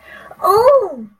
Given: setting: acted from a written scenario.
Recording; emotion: vocal sound without words; ecstasy